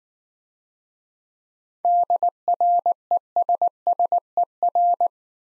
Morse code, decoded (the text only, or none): DRESSER